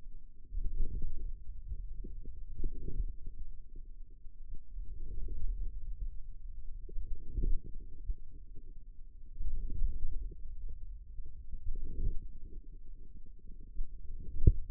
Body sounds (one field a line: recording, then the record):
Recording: forearm muscle sounds (acoustic myography)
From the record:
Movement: hand closing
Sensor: system 2, bracelet of six BSWA MPA416 microphones around the upper forearm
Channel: 3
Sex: female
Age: 22 years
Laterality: right